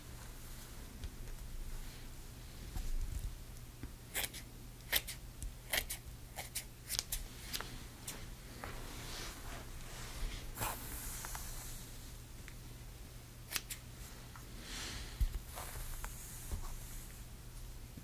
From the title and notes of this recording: ASMR Gentle Hair Styling • Realistic ASMR • No Talking • Brushing, Shampoo, Blowdry, Scissors, Flat Iron.